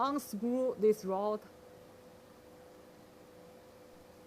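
Someone talks briefly while the metal load-lock transfer rod of an SEM is unscrewed from the sample stage and moved back toward its parked position. After the talking stops at about 1.4 s, only a faint steady hum remains. The rod has not yet clicked into its rest position.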